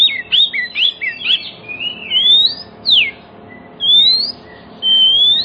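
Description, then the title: Oriental magpie-robin song opening with quick chattered notes, then long sweet rising whistles spaced out by pauses. Kacer song played as a lure so that other magpie-robins start singing within about five minutes, meant for birds that have stopped singing. "Cukup Hitungan Menit Kacer Lain Bisa Bunyi. CUKUP 5 Menit Kacer LAIN NYAUT JADI GACOR, PANCINGAN KACER MACET BUNYI"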